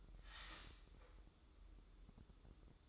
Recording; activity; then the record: daily activity, microphone in the room; start toaster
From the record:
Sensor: 3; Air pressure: 995.3 hPa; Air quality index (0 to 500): 75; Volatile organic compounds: 5 ppm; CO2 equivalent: 1768 ppm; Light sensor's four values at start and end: 18/55/23/20 and 18/55/23/20